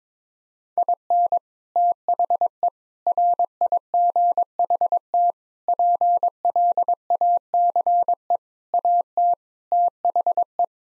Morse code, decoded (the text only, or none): IN THE RIGHT PLACE AT THE